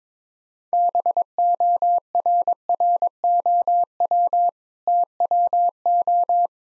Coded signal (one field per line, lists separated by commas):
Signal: Morse code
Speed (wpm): 22 wpm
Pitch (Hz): 700 Hz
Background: none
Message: BORROW TWO